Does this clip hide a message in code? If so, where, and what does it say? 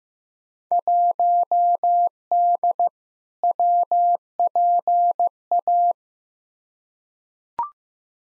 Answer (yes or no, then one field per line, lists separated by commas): yes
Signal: Morse code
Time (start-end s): 0.7-5.9 s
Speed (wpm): 15 wpm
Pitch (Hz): 700 Hz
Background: none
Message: 1D WPA